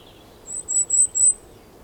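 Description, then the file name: Goldcrest song: four very high, thin, sibilant notes, the first softer, repeated in a quick cycle over faint hiss. Song; Europe. "Wintergoldhaehnchen Gesang Voegel in Europa"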